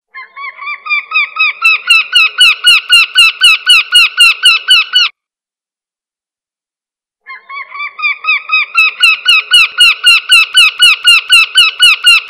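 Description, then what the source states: Bird calls in two bursts of rapid, rich, slightly falling notes, about four per second, separated by a silent pause of roughly two seconds. Described as a forest bird (burung hutan).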